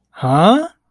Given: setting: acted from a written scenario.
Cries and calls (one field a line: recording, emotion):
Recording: vocal sound without words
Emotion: confusion